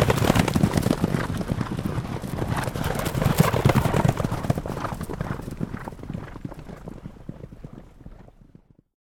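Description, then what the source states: Horses galloping: a dense rumble of rapid hoofbeats that fades away into silence near the end. A group of horses galloping by.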